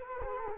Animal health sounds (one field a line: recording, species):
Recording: mosquito wingbeat signal from an infrared sensor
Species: Culex quinquefasciatus